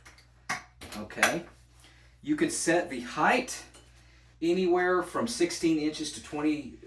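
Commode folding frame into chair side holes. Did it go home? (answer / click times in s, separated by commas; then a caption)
yes / 0.5 s. The folding bottom frame of a Medline Guardian portable 3-in-1 folding bedside commode chair is flipped up and pushed into two holes on the chair, giving a sharp snap at 0.5 s with another brief knock just after. The frame is seated and locked in place, and then someone talks.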